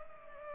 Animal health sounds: mosquito wingbeat signal from an infrared sensor; Culex pipiens

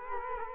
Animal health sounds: mosquito wingbeat signal from an infrared sensor; Culex quinquefasciatus

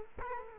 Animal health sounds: mosquito wingbeat signal from an infrared sensor; Culex quinquefasciatus

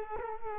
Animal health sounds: mosquito wingbeat signal from an infrared sensor; Culex quinquefasciatus

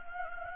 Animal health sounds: mosquito wingbeat signal from an infrared sensor; Anopheles gambiae

